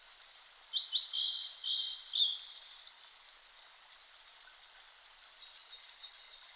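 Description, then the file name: Blue-and-white flycatcher song: a short burst of high whistled and slurred notes lasting under two seconds, then mostly quiet hiss with faint chirps. Recorded 5 May 2008 at 07:51. "ooruri-20080505-0751"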